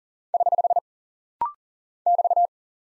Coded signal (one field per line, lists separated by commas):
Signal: Morse code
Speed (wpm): 39 wpm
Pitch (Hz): 700 Hz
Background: none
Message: <HH> <BT>